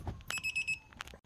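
A click-type torque wrench tightens the thread-locked 21 mm caliper bracket bolts, first started by hand, to 120 foot-pounds on the front brake of a 2014 Chevy Malibu. Two sharp, short clicks sound at 0.3 s and 1.0 s, likely one per bolt; the first leaves a brief high metallic ring. The wrench clicks at its setting, so the bolts reach the set torque.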